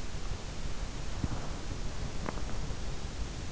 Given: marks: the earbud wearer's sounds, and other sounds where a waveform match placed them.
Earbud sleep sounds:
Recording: sounds in sleep by an in-ear microphone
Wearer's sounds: body movement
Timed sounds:
0.71-3.38 s: body movement

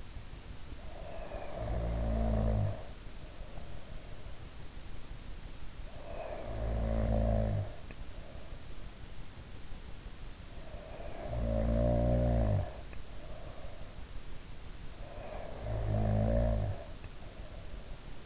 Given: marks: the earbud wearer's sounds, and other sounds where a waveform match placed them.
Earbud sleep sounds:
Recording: sounds in sleep by an in-ear microphone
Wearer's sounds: snoring breath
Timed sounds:
0.88-4.36 s: snoring breath
5.96-9.10 s: snoring breath
10.53-13.96 s: snoring breath
15.22-18.25 s: snoring breath

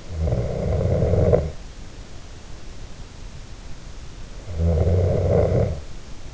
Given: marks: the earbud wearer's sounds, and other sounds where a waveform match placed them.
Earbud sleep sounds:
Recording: sounds in sleep by an in-ear microphone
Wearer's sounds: snoring breath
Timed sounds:
0.06-2.73 s: snoring breath
4.26-6.34 s: snoring breath

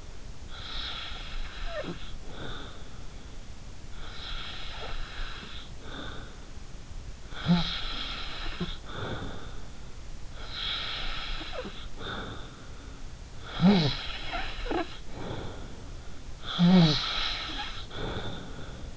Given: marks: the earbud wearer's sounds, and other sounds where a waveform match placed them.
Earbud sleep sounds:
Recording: sounds in sleep by an in-ear microphone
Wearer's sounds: snoring breath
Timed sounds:
0.50-3.00 s: snoring breath
4.01-6.39 s: snoring breath
7.33-9.75 s: snoring breath
10.38-12.87 s: snoring breath
13.40-15.78 s: snoring breath
16.39-18.97 s: snoring breath

